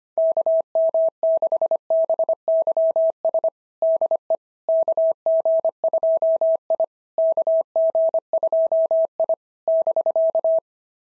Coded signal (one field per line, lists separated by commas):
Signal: Morse code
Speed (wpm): 24 wpm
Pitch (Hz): 650 Hz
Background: none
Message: KM6BYS DE KG2I KG2I <BK>